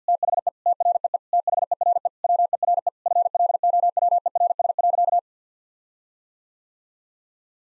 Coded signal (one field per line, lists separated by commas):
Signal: Morse code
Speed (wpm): 50 wpm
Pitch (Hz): 700 Hz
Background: none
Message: THE TREE THERE WERE FLOWERS.